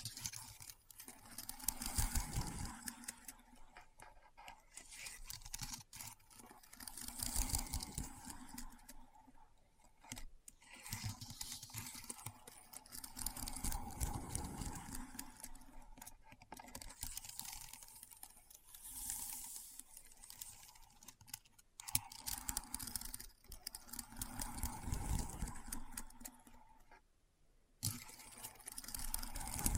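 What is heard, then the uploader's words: Keyboard typing in rapid, dense runs of crisp clicks and clacks, swelling into busier bursts every few seconds. The rattle is mostly steady, with brief breaks near ten seconds and a short silence around twenty-seven seconds before typing resumes. ASMR Keyboard Sounds (No Talking).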